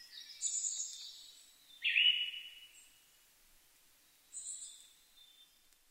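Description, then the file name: Siberian thrush: a single rich whistle trailing into a faint fade, preceded and followed by quieter high-pitched bird notes. Recorded 2 July 2011 at 05:51. "mamijiro-20110702-0551"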